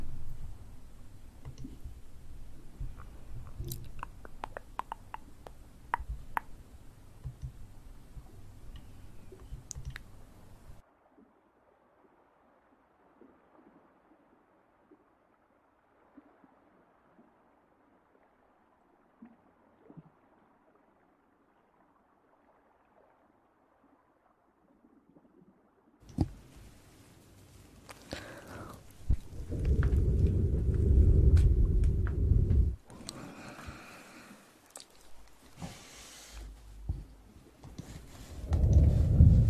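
Ear massage sounds: rubbing and crackly brushing for ten seconds, a long near-silent soft stretch, then heavy rumbling rubs returning after twenty-six seconds.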